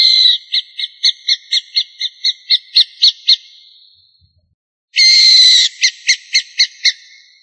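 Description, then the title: Bird song of rapid, evenly spaced high notes that trail away, followed after a short silence by a rasping buzz and another run of crisp repeated notes. "LuckyPassaros CompletosSama"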